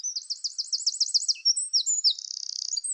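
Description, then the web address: Eurasian wren song: a fast run of high, thin trilled notes, then sharp whistled flourishes and a rapid buzzy trill at the close. "Troglodytes troglodytes"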